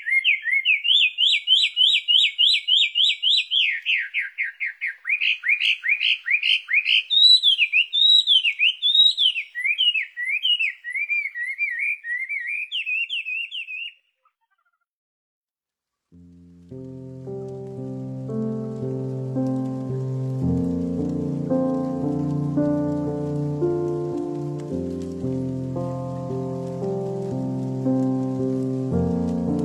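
A bird sings for the first fourteen seconds, a bright, fast warbling trill repeated in rapid rising and falling phrases. After a brief silence, soft low music fills the rest with sustained, layered chords that shift slowly and steadily.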